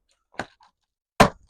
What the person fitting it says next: Just click it into place like that.